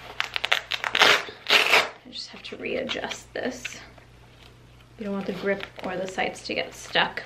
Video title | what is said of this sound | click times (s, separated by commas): FALL CONCEALED CARRY 2023 - Outfit and holster ideas for this Autumn! | it right in that holster you can hear it click in so it's really secure in there | 0.2 s, 0.5 s